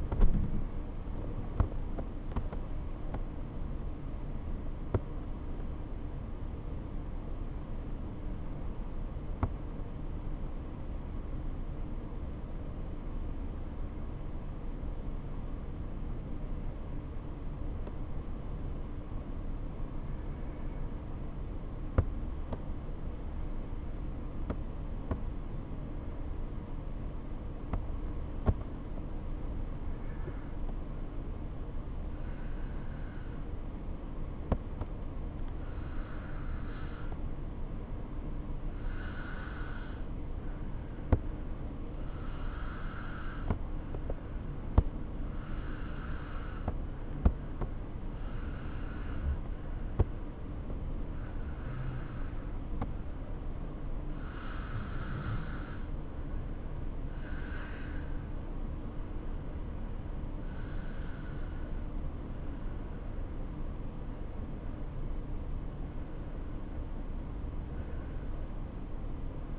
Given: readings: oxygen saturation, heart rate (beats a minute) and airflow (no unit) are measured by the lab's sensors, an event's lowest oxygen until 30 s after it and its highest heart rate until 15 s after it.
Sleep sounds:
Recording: a person awake in a sleep study, by a smartphone at the bedside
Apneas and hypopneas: 1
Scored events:
0.00-56.00 s: awake
18.00-57.00 s: hypopnea (scored as awake, oxygen 96% highest, then 93% lowest, heart rate 78 at the start, 78 highest)
49.00-69.59 s: new sleep stage, N1 (lightest sleep)
From the record:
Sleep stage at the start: awake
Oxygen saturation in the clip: 92 to 96%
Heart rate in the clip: 63 to 100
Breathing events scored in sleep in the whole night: 277 in 7.4 hours asleep

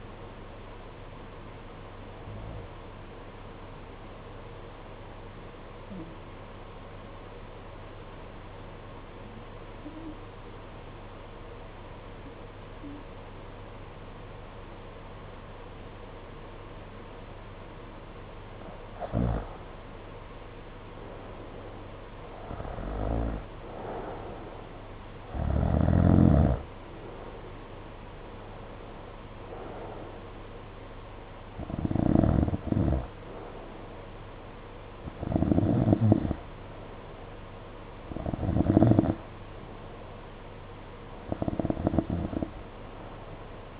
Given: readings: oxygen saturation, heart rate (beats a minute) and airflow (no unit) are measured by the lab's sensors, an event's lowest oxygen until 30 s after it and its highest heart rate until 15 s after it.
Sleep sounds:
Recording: breathing in sleep by a voice recorder at the bedside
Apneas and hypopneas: 1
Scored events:
5.00-20.30 s: obstructive apnea (N1, oxygen 94% highest, then 87% lowest, heart rate 55 at the start, 67 highest)
15.00-43.80 s: new sleep stage, N2 (light sleep)
From the record:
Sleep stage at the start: N1 (lightest sleep)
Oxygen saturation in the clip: 87 to 94%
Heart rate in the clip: 52 to 67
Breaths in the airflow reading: 9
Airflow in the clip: -7.7 to 6.4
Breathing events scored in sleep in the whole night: 476 in 9.7 hours asleep

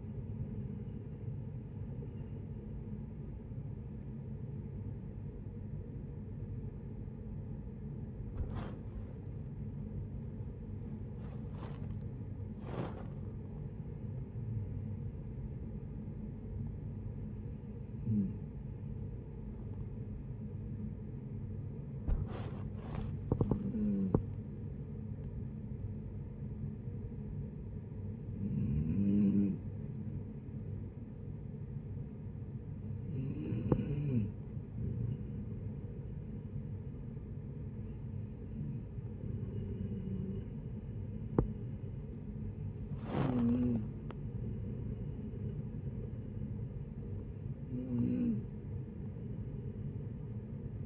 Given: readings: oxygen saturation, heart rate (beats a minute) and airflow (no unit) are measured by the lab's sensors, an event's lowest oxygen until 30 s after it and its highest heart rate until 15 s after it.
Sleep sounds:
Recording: a person awake in a sleep study, by a smartphone at the bedside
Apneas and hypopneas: none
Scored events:
0.00-50.86 s: awake
0.00-50.86 s: awake
From the record:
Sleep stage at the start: awake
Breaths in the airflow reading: 16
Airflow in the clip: -0.7 to 0.7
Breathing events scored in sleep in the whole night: 496 in 5.4 hours asleep

